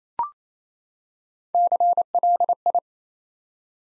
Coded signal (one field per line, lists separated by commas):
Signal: Morse code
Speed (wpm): 29 wpm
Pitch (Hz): 700 Hz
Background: none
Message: CLI